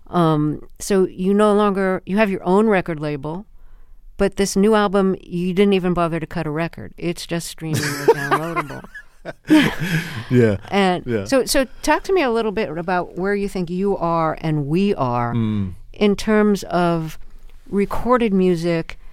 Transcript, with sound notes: So you no longer - you have your own record label. But this new album - you didn't even bother to cut a record. It's just streaming or downloadable.
(Laughter) Yeah. Yeah.
And so talk to me a little bit about where you think you are and we are in terms of recorded music